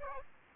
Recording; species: mosquito wingbeat signal from an infrared sensor; Aedes aegypti